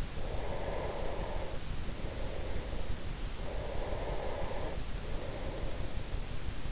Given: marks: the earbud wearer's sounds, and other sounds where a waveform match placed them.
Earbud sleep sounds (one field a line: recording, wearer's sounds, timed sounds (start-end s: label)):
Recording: sounds in sleep by an in-ear microphone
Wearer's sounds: breath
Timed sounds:
0.34-3.09 s: breath
3.41-6.03 s: breath